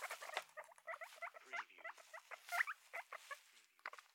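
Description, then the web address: Guinea pig giving a rapid series of short clipped chut notes, several per second, with soft scuffling movement underneath. Guinea pig moving about in its cage. "sound-effects-bible Guinea Pig Cage Move"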